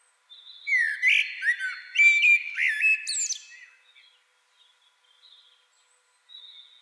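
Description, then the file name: Common blackbird giving one melodious, low whistled phrase that breaks into a sharp, high squeaky twitter before fading, with a faint high note near the end. "Turdus merula"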